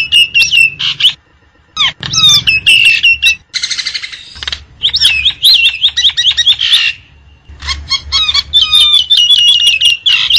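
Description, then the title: Lovebird chatter, shrill squeaky notes in quick clusters with a raspy buzzing stretch in the middle, then more rapid high chirps. Lovebird calls used as a lure to trap birds. "PIKAT BURUNG LOVEBIRD"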